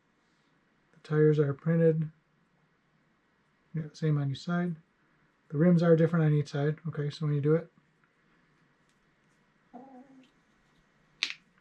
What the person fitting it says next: Just that's it. Snaps right in.